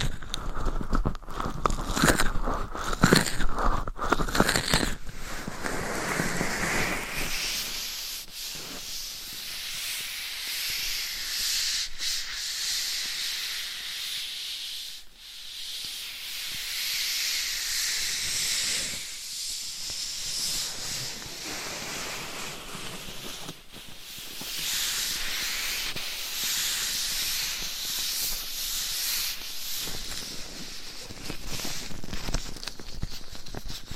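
Gloved fingers and nails scratch and rub across a binaural mic, making a dense, hissing scrape that runs nearly the whole time. The first few seconds are louder and choppier with quick taps, then the rubbing settles into steadier, brighter strokes with brief pauses around 15 and 23 seconds.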